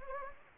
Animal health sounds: mosquito wingbeat signal from an infrared sensor; Anopheles arabiensis

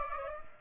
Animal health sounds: mosquito wingbeat signal from an infrared sensor; Aedes aegypti

